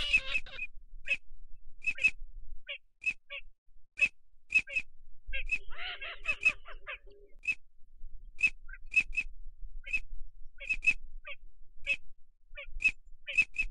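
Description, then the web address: Ducks calling: sharp short whistled notes repeated irregularly throughout, with a harsh, gabbling burst midway. Migratory ducks, male and female. "Male and female migratory ducks. صدای-مرغابی-های-مهاجر-نر-و-ماده"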